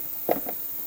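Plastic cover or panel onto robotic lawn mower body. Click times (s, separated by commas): 0.3 s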